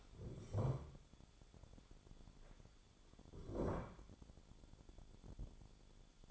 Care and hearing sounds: daily activity, microphone in the room; stand up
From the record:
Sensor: 5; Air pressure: 1015.3 hPa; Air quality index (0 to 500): 180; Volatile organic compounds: 7 ppm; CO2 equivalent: 1958 ppm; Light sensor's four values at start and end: 36/83/33/32 and 36/82/33/32

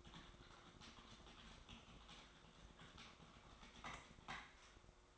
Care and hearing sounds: daily activity, microphone in the room; typing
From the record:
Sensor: 3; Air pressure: 1004.4 hPa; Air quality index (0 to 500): 196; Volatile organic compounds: 14 ppm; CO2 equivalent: 2455 ppm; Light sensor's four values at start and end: 6/16/5/6 and 6/16/5/6

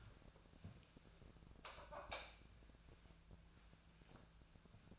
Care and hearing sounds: daily activity, microphone in the room; light on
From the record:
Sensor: 2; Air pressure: 999.8 hPa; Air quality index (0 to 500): 115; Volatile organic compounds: 2 ppm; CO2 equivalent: 996 ppm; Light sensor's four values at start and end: 34/87/37/42 and 39/104/44/48

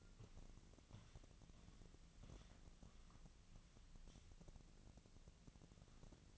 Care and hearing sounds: daily activity, microphone in the room; walk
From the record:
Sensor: 4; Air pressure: 1013.0 hPa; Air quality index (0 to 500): 171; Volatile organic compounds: 2 ppm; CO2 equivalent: 1086 ppm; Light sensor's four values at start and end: 71/176/75/79 and 71/175/75/79

